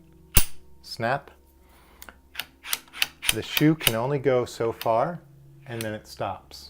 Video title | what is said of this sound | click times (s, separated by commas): QR control box | once you get this in place you're gonna hear it snap | 0.4 s